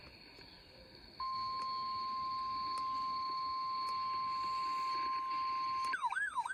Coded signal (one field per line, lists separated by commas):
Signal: Emergency Alert System (SAME) tones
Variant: 1050 Hz attention tone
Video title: Mid-Week Mayhem Pt. 3 - EAS Alerts from 7/18/24 || EAS 1,342-1,354